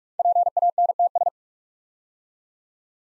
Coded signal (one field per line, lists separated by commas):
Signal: Morse code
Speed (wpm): 44 wpm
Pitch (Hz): 700 Hz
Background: none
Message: PANTS